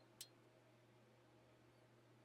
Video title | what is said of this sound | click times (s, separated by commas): How to Change the Tie Rods on a Dodge Ram | then install the retaining clip and ensure it's locked into place | 0.2 s